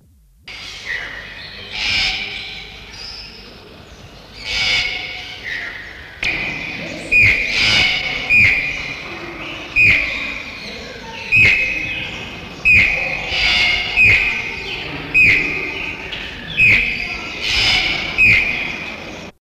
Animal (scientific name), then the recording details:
Ramphastos vitellinus. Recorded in captivity. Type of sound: call. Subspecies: ariel. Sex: male. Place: Zoo Köln, Nordrhein-Westfalen, DE. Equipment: Halbspur, 9,5 cm/s. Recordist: Lütgens, Hans. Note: Zwei Männchen